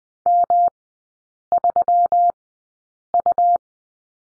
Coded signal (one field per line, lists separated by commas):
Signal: Morse code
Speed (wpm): 20 wpm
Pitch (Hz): 700 Hz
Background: none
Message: M3U